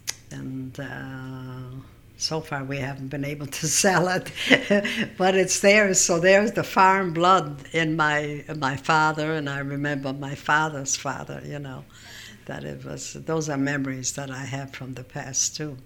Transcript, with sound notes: and so far we haven't been able to sell it, (laughs) but it's there, so there's the farm blood in my father, and I remember my father's father, you know, that it was, those are memories that I have from the past, too.